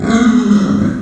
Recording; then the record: squeal of a Yucatan mini pig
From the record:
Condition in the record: after surgery on the right vocal fold (resection and tissue-engineered implant); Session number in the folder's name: 9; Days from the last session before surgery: 65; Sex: female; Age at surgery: 19 weeks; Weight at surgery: 25 kg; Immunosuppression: prednisolone